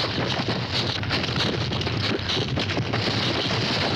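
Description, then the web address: Cattle stampeding, a dense continuous rumble of many fast hoofbeats merging into a thundering roar without pauses throughout. Cattle drive, hooves moving quickly in a stampede. "cow stampede drive hooves moving quickly animal cattle stampede"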